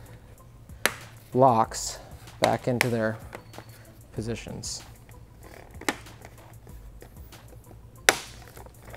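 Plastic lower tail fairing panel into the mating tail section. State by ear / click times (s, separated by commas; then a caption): seated / 5.9 s, 8.1 s. A plastic lower tail fairing panel on a 2017+ Honda CBR1000RR is pressed into the mating tail section until its slide fasteners engage. Someone talks while sharp snaps ring out at 5.9 s and 8.1 s as the panels seat. A fainter snap comes just before the first at 5.8 s, and an early sharp tick comes at 0.9 s.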